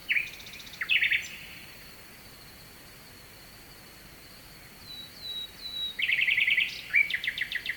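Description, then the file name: Nightingale song: rattling repeated notes, several seconds of quiet with faint whistles, then rapid pulsed trills and sharp repeated phrases, over steady water noise. Nightingale singing at night with a distant stream, recorded at Kovachevitsa, Bulgaria. "Noshten slavej i dalechen potok (s Kovachevica)"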